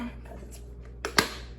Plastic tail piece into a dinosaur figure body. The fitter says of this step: okay you hear that snap guys that Tail's in it should not come out